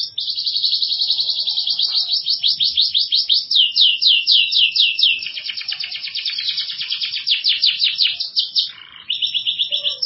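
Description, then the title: Canary song with sustained rapid trills in varied tours, bright and high, briefly pausing near the end before resuming a fast rolling trill. "Kenari"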